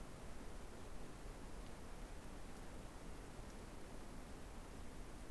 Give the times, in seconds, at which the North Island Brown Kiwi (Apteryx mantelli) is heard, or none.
none